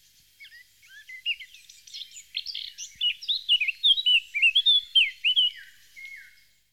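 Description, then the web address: Eurasian blackcap song: a long, fast-flowing warble of high twittering and whistled notes, growing louder, ending in a clear fluted slur. "chants d'oiseaux Jean C Roche - Fauvette a tete noire"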